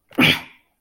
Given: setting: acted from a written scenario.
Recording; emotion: vocal sound without words; contempt